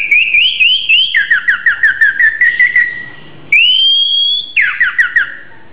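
Oriental magpie-robin song, clear whistles followed by rapid runs of repeated downslurred notes, a long steady whistle, then more repeated notes.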